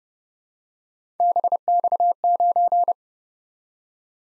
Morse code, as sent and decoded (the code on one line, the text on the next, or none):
-... -..- ----.
BX9